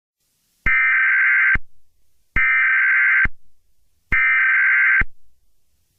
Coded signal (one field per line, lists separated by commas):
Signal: Emergency Alert System (SAME) tones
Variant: header bursts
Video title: EAS Scenario 12: Barney error the traitor!!